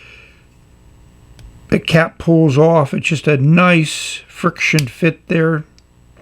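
A fountain pen cap is handled on the pen body, pulled off with a friction fit, while someone talks over a quiet background. The cap has not yet been pushed home, and nothing has clicked shut yet.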